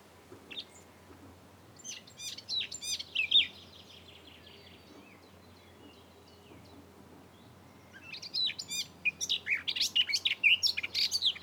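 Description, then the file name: Eurasian blackcap: a warbled phrase early on, a long quiet stretch, then a louder, busier phrase of sharp, rising and falling notes in the final seconds. "Sylvia atricapilla"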